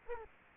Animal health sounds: mosquito wingbeat signal from an infrared sensor; Culex quinquefasciatus

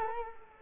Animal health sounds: mosquito wingbeat signal from an infrared sensor; Culex quinquefasciatus

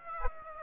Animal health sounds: mosquito wingbeat signal from an infrared sensor; Aedes aegypti

